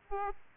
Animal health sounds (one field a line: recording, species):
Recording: mosquito wingbeat signal from an infrared sensor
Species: Aedes aegypti